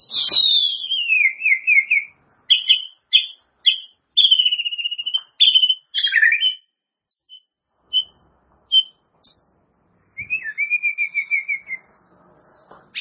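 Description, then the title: White-rumped shama singing high whistles: a long falling slur, clipped bright notes with pauses, then a fast rattling trill near the end. "murai batu"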